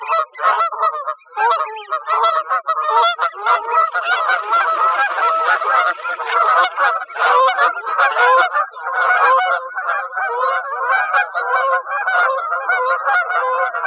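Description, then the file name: Canada goose honking calls, a dense continuous chorus of overlapping nasal honks from many birds throughout. Recorded in Arizona. "CAGO 2 deviche"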